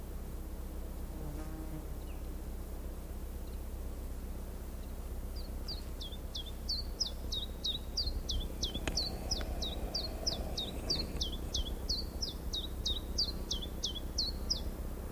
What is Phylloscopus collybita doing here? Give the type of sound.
song